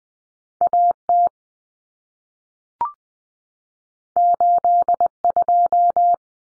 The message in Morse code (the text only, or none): AT 82